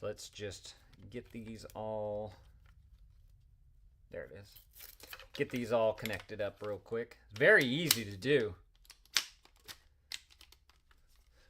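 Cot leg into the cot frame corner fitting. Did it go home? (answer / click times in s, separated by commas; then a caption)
yes / 9.2 s, 10.1 s. Someone talks while fitting a camping cot's legs into the frame corner fittings. Sharp snaps sound at 9.2 s and 10.1 s as the legs pop into place, followed by a few softer clicks.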